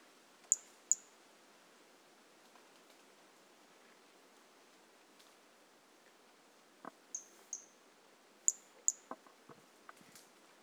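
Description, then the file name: Brachycephalus mirissimus giving a series of high, thin notes in pairs, some slightly drawn out, with occasional clicks and light rustles between them. Individual 03 recorded on 18 January 2018, not collected; the first two notes of the call are missing. "Brachycephalus mirissimus 18 jan 2018 individual 03 two initial notes missing"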